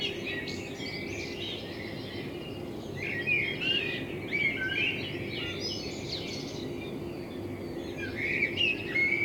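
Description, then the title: Common blackbird singing warbled, fluty phrases with high twittered endings over a constant low humming background. Recorded in front of the recordist's window with a homemade binaural dummy head, intended for headphone listening. "Kunstkopfaufnahme der Amsel vor meinem Fenster"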